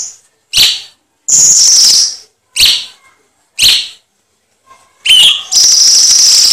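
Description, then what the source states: Cucak cungkok song: short sharp notes interspersed with two long harsh hissing bursts, separated by brief silences. Masteran tutor song used for training songbirds.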